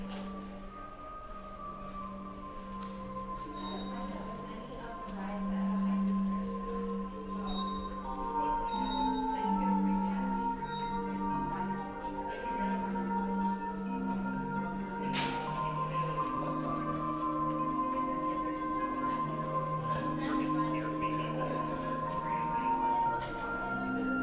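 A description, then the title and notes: A walk through Animal Kingdom: a steady bed of low humming tones and ringing, bell-like notes runs throughout, with murmuring voices mixed in. Levels stay fairly even, and a single sharp click stands out around the fifteen-second mark. Walk in Animal Kingdom.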